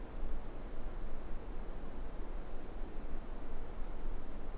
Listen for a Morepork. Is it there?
no